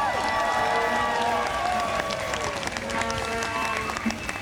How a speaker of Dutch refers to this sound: Applaus graag voor deze mensen.